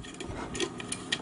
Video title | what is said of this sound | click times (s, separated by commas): 요이치 카링 유무선 선풍기 YF-U700 제품 설명 | 장착해주고 시계 방향으로 돌려주면 딸깍 소리와 함께 다시 장착이 됩니다. | 1.1 s